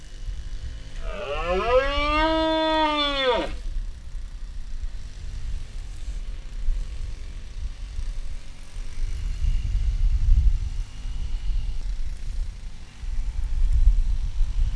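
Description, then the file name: Iberian red deer giving one arched harmonic roar lasting under three seconds, rising then dropping, followed by low rumbling background noise with no further calls. One male. "Cervus elaphus hispanicus 1 male"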